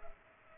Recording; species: mosquito wingbeat signal from an infrared sensor; Culex pipiens